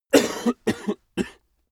Male cough close.